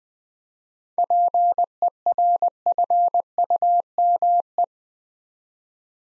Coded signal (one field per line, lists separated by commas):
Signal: Morse code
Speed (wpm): 20 wpm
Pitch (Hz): 700 Hz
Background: none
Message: PERFUME